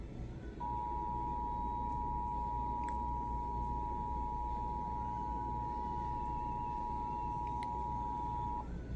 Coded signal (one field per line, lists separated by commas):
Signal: Emergency Alert System (SAME) tones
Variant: 853 and 960 Hz attention tone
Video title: EAS #453: Required Monthly Test - Indiana - (9/21/2023) (WTTV)